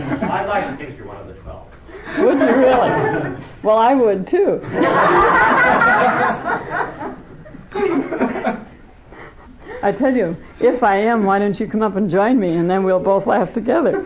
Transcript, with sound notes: I’d like to think you’re one of the 12.
Would you, really? Well, I would too. [laughter] I tell you, if I am, why don’t you come up and join me and then we’ll both laugh together?